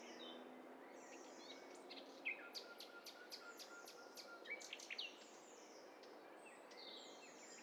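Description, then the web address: Birds in chorus: soft overlapping whistles, chirps and a long steady tone from several birds, all fairly quiet. Many birds singing at once. "Hi Fi STEREO BIRD COCKTAIL PARTY Challenge"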